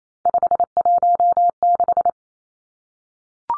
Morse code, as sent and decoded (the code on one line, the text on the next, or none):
..... .---- -....
516